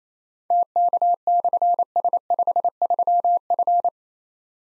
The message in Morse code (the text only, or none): TK/S53F